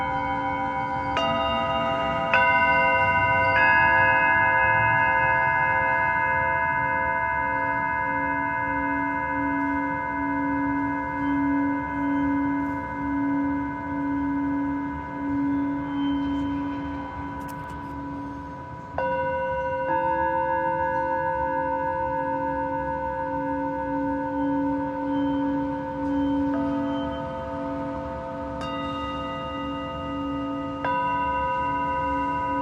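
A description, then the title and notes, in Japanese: A Tibetan singing bowl rings with long sustained tones, struck again at about 1, 2, 3.5, 19, 20, 26.5, 28.5 and 32 seconds. A low hum wavers and pulses steadily beneath the shimmering upper tones, which fade slowly between strikes. メキシコから シンギングボウルのサウンドヒーリング。チベタンシンギングボウル。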